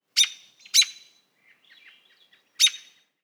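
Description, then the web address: Bird chirps: three loud, sharp, high chirps, two close together and one after a pause, with faint soft twittering between them. "ambience bird"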